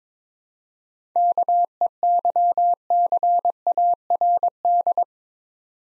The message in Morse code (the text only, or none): KEYCARD